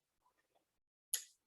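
A synchronizer sleeve on a manual transmission shaft is slid back off the gear's dog teeth, with a few faint ticks before a single sharp knock at 1.1 s. The sleeve disengages and the gear is released to spin freely on the shaft.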